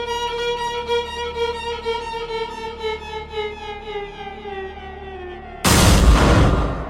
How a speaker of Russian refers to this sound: Выстрел подбросил нас на месте.